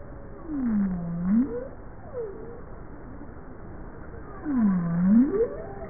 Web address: bowhead